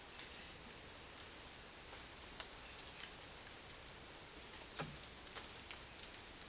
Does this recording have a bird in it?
no